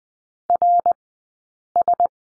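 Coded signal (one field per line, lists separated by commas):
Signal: Morse code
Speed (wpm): 20 wpm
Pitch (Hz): 700 Hz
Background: none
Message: RS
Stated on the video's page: Morse course lesson on the letter D, at Farnsworth speed 20/10 wpm.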